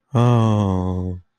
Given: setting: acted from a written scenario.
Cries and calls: vocal sound without words; distress

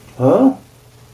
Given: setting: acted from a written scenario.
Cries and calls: vocal sound without words; confusion

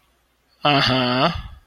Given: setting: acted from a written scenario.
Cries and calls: vocal sound without words; guilt

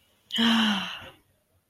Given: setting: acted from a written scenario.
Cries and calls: vocal sound without words; contentment

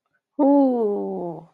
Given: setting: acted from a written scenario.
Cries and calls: vocal sound without words; contentment

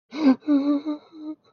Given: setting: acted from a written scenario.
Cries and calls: vocal sound without words; fear

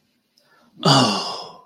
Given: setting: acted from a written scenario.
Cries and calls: vocal sound without words; relief

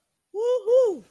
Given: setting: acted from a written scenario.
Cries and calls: vocal sound without words; triumph

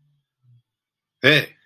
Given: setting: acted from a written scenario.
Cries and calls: vocal sound without words; negative surprise

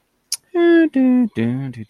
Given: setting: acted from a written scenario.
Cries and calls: vocal sound without words; neutral

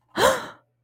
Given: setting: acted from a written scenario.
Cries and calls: vocal sound without words; negative surprise

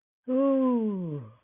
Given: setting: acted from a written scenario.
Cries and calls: vocal sound without words; contentment

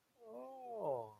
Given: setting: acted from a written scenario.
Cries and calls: vocal sound without words; adoration

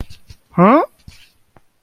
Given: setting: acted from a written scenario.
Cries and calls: vocal sound without words; positive surprise

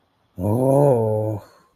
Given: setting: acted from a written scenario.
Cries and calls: vocal sound without words; desire

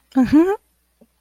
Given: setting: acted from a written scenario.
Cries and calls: vocal sound without words; amusement

